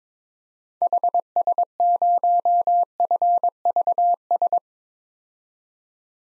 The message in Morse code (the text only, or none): HS0FVS